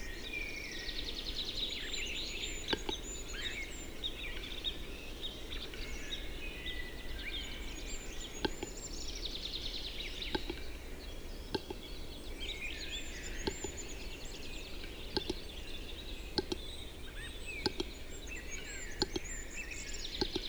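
A displaying capercaillie in a spring forest gives sharp clicks every second or two over a steady chorus of birdsong and low rumble.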